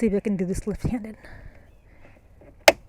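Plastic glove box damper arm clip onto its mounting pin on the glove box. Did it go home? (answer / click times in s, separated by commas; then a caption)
yes / 2.7 s. Someone talks, then a plastic glove box damper arm clip on a 2016 Honda CR-V is pushed left-handed onto its mounting pin on the glove box after a new cabin air filter is fitted. It snaps on with one sharp, loud click at 2.7 s, and the clip is secure.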